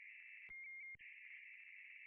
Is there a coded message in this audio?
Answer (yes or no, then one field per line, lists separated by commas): no